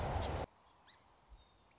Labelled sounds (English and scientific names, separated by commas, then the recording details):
Song Sparrow (Melospiza melodia)
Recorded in Sonoma County, California